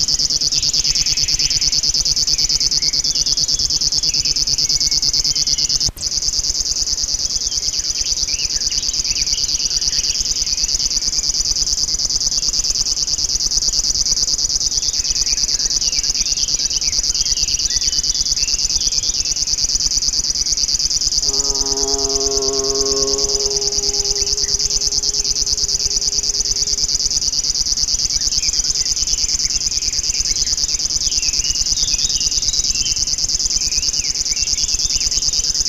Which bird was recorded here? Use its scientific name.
Locustella fluviatilis